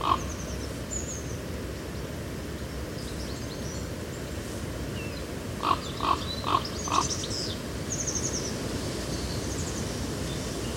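A summer field recording at Badbury Rings, Dorset, with a steady low rumble of wind or ground noise throughout. A short ringing note sounds at the start, then four evenly spaced croaking pulses come just before the seventh second, with faint bird calls scattered above.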